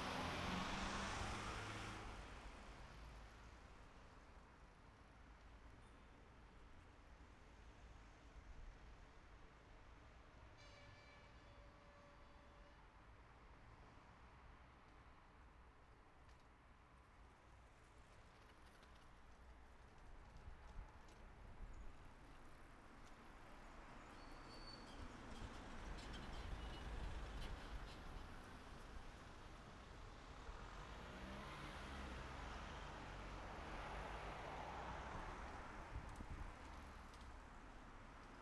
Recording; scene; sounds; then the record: everyday scene through a hearing-aid microphone; in traffic; traffic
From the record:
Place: city secondary road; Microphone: behind the ear, right, front